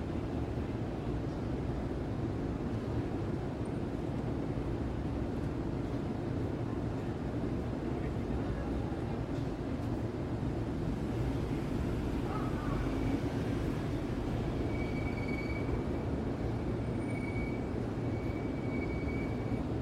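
Nighttime Midtown New York City street noise holds a steady, dense low rumble of traffic, with faint high tones and squeals after thirteen seconds.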